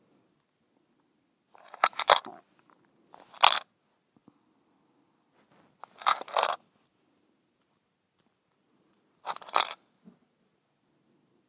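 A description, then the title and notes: A mint shaker is rattled in four short bursts, near 2, 3.5, 6 and 9.5 seconds, each a quick, bright, crunchy clatter of small pieces. Quiet gaps separate the shakes, with only a faint low murmur underneath. ASMR: Mint Shaker.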